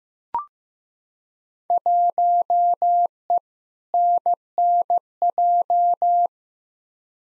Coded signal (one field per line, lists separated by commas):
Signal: Morse code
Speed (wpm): 16 wpm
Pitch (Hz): 700 Hz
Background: none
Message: 1E NNJ